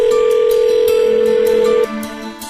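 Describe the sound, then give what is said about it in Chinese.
A telephone connecting tone as a Beijing Youth Radio host takes the first listener call-in in 2017: one loud, steady mid-pitched beep held for nearly two seconds, then it cuts off abruptly, leaving a fainter, lower line tone behind. “我们现在就开始令人振奋的电话连线环节吧，来让我们接听第一位听众的来电。”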